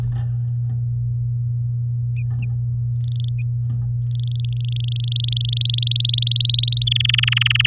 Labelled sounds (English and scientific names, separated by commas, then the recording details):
Domestic Canary (Serinus canaria) song
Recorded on 11 May 2018 at 07:59
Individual llb16